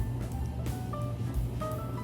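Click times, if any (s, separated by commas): none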